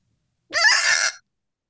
Hiccup Sound Clip.